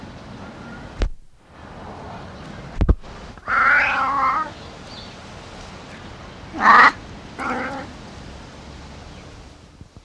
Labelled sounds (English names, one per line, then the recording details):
Wildcat call
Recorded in captivity
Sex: male
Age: adult
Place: Tierpark Berlin, Berlin, DE
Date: 1982-10-09 10:53
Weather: partly sunny, 10-13°C, gusty winds
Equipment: Nagra SN, Kopie Uher 4200
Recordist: Tembrock, Günter